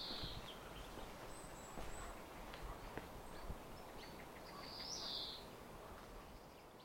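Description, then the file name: European greenfinch with two harsh, buzzy wheezes, one at the start and one about three-quarters of the way through, over steady rustling background noise and a few faint high notes. "Chloris chloris"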